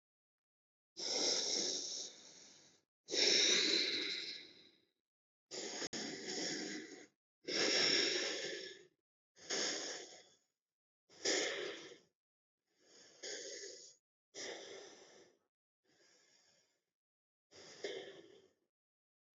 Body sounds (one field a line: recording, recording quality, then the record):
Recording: deep breathing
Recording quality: excellent, no background noise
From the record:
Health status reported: healthy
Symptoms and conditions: none ticked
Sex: female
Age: 32 years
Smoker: not ticked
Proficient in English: yes